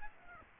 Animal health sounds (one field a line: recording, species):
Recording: mosquito wingbeat signal from an infrared sensor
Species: Aedes aegypti